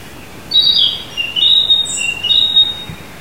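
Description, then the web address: Narcissus flycatcher song, a quick phrase of clear high whistles stepping up and down, with a brief very high note midway, over faint background hiss. Recorded during a live walk at Azamidani. "raivu sansaku azamidani. kibitaki"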